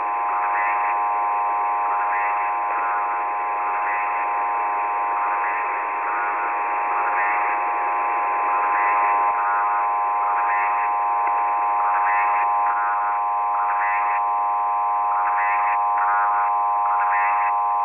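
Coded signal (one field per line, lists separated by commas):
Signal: numbers station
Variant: S06s, Russian-language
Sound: short spoken words at regular intervals over a loud steady droning tone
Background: radio static, heterodyne tones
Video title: crazy number station from ukraine S06s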